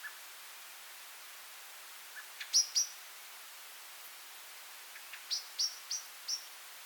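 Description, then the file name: Common blackbird calling with thin high notes, a pair near the start and then a series of four evenly spaced notes, over a steady background hiss. "Turdus merula"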